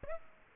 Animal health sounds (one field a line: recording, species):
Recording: mosquito wingbeat signal from an infrared sensor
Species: Aedes aegypti